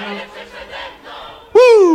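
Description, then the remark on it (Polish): A Warsaw concert crowd cheers in a steady, moderate wash of voices, then one loud sustained shout bursts out over it, its pitch sliding slowly downward. “Warszawski, wspaniały tłum pozytywnych, uśmiechniętych, cudownych ludzi.”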